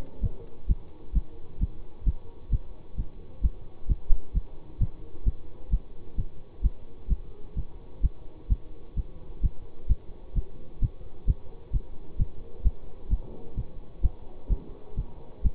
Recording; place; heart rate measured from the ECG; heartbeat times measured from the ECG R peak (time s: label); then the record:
heart sounds by stethoscope; between the tricuspid and mitral areas; 130 bpm
0.23 s: heartbeat
0.69 s: heartbeat
1.15 s: heartbeat
1.61 s: heartbeat
2.06 s: heartbeat
2.52 s: heartbeat
2.98 s: heartbeat
3.43 s: heartbeat
3.89 s: heartbeat
4.35 s: heartbeat
4.80 s: heartbeat
5.26 s: heartbeat
5.72 s: heartbeat
6.18 s: heartbeat
6.64 s: heartbeat
7.10 s: heartbeat
7.57 s: heartbeat
8.03 s: heartbeat
8.50 s: heartbeat
8.97 s: heartbeat
9.43 s: heartbeat
9.89 s: heartbeat
10.36 s: heartbeat
10.82 s: heartbeat
11.27 s: heartbeat
11.73 s: heartbeat
12.19 s: heartbeat
12.65 s: heartbeat
13.11 s: heartbeat
13.57 s: heartbeat
14.03 s: heartbeat
14.50 s: heartbeat
14.97 s: heartbeat
15.44 s: heartbeat
From the record:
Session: bicycle stress test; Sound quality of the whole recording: good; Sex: male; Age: 24 years